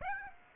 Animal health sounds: mosquito wingbeat signal from an infrared sensor; Aedes aegypti

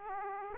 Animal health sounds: mosquito wingbeat signal from an infrared sensor; Aedes aegypti

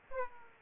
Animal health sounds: mosquito wingbeat signal from an infrared sensor; Aedes aegypti

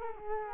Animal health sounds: mosquito wingbeat signal from an infrared sensor; Culex quinquefasciatus

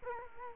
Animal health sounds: mosquito wingbeat signal from an infrared sensor; Culex quinquefasciatus

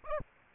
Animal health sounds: mosquito wingbeat signal from an infrared sensor; Aedes albopictus

